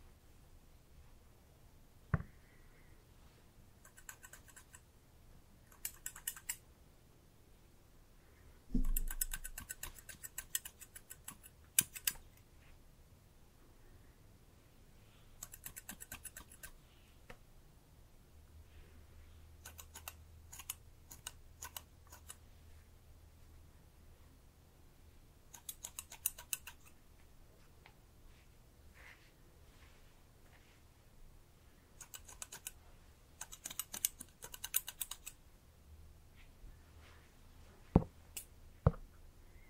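A haircut with brushing and scalp massage: bursts of crisp scratchy rustling come in irregular clusters, with sharp clicks and a faint low hum.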